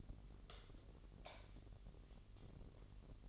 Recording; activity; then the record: daily activity, microphone in the room; light off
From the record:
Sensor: 4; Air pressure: 1012.7 hPa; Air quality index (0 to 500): 247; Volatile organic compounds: 4 ppm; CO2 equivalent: 1684 ppm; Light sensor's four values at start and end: 16/41/16/17 and 14/32/13/13